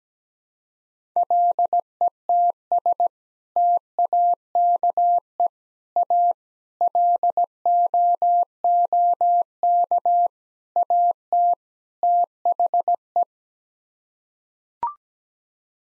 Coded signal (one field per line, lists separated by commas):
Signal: Morse code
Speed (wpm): 17 wpm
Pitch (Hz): 700 Hz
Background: none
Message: LETS TAKE A LOOK AT THE